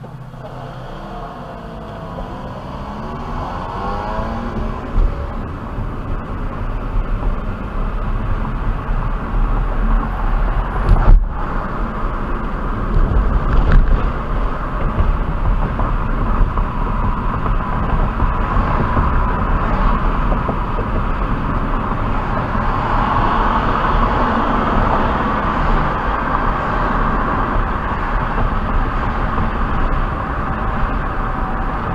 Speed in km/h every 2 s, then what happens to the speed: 0, 6, 15, 24, 32, 40, 47, 52, 55, 56, 53, 52, 50, 53, 53, 52.
1-16 pulls away to 55. 16-32 steady at about 53.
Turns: none.